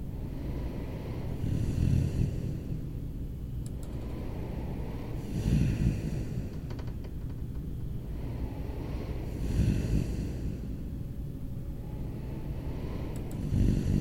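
Low, rumbling snores from a sleeping adult recur about every four seconds, roughly 15 a minute, over a steady background hum.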